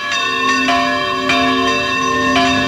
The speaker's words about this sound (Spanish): Suenan las campanas de la Capilla del Cristo de las Cadenas en Oviedo, lugar de peregrinación de devotos de todo el Principado.